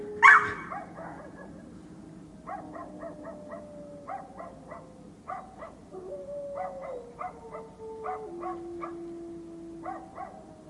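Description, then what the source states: Dog barks: a loud harsh burst opens, then short barks come in quick clusters while a drawn-out whining tone steps downward beneath them. Dogs fighting.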